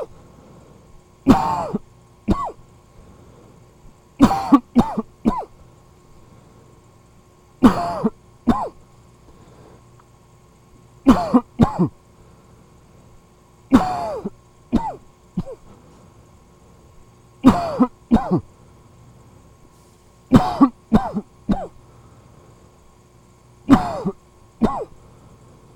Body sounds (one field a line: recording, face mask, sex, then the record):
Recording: voluntary coughing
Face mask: surgical mask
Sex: male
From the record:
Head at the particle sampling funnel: facing it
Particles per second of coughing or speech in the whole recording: 1.11